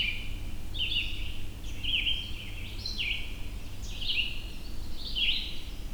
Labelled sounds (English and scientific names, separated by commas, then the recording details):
Red-eyed Vireo (Vireo olivaceus) song
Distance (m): 10 m
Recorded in boreal forest in Alberta, Canada, on 22 June 2016 at 06:23
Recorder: SongMeter 3, array SBT-6-76
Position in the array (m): 260 m, 99 m